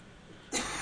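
After a moment of quiet room hiss, one abrupt, harsh cough bursts out from an adult close to a studio microphone. It trails into a short rough throat-clearing sound. This is a single dry-sounding cough, brought on by smoky air.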